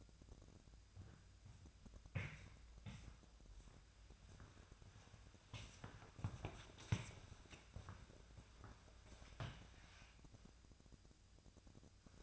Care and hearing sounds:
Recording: daily activity, microphone in the room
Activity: walk to room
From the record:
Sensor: 2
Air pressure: 999.8 hPa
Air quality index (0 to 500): 120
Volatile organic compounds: 2 ppm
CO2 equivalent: 1034 ppm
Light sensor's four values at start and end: 27/63/28/31 and 26/63/28/31

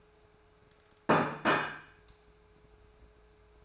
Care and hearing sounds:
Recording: daily activity, microphone in the room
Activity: place plate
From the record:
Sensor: 2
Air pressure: 1015.0 hPa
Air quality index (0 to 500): 204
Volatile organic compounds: 20 ppm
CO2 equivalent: 2691 ppm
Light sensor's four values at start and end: 21/50/22/24 and 21/50/22/24

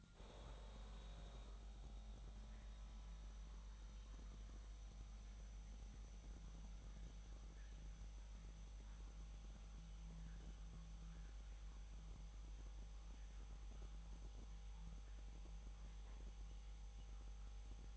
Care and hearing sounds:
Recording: daily activity, microphone in the room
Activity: make coffee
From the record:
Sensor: 3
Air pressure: 1002.0 hPa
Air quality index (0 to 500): 248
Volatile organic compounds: 52 ppm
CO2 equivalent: 3317 ppm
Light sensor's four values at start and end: 12/37/16/13 and 12/37/16/13

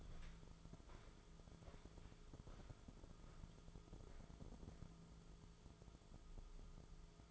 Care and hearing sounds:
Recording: daily activity, microphone in the room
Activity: walk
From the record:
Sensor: 5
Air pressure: 1005.5 hPa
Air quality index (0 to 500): 96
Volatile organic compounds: 2 ppm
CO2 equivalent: 1173 ppm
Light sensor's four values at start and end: 33/77/31/29 and 33/77/31/29

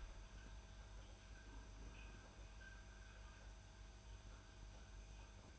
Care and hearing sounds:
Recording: daily activity, microphone in the room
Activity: make coffee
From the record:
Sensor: 2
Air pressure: 991.6 hPa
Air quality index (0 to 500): 187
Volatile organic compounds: 1000 ppm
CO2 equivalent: 6107 ppm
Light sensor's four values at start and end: 31/95/37/35 and 31/95/37/35

